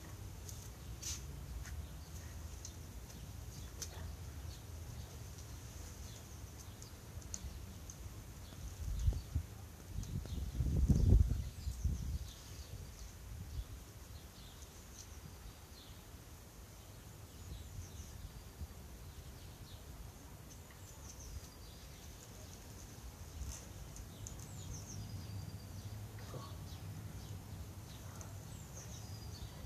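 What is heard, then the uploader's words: Outdoor garden ambience in the city, with a steady low rumble of traffic throughout. Around ten to twelve seconds a louder, deeper passing sound swells and fades. Faint high bird chirps and calls appear scattered across the recording. City sounds and all around recording from my garden.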